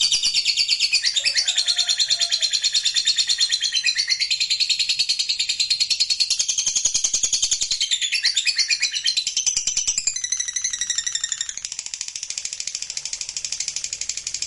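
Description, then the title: Lovebird song: continuous high-pitched chattering trill, fast and buzzy, carrying on for the whole stretch and softening a little in the last seconds. Used to provoke a reluctant lovebird into singing spontaneously. "LOVEBIRD Malas Bunyi JADI GREGET SPONTAN Langsung NARIK"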